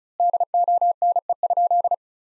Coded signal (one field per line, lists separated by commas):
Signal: Morse code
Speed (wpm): 36 wpm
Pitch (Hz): 700 Hz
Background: none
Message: DONE?